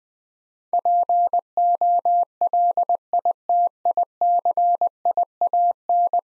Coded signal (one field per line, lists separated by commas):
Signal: Morse code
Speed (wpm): 20 wpm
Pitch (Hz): 700 Hz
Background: none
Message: POLITICIAN